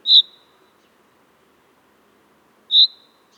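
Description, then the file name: Common chaffinch giving two brief, clipped high call notes, one at the start and one near the end, otherwise quiet. "Fringilla coelebs"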